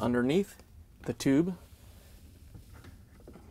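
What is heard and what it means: Someone talks while the plastic wash impeller housing of a Whirlpool/KitchenAid/Maytag wash impeller assembly (WP99002659) is lined up in the dishwasher sump so its locking tab sits underneath the tube. After the talking, only faint, low-level handling sounds follow, with a small soft bump around 3.3 s. Nothing has snapped into place yet; the housing is still only positioned before being lowered and pushed back.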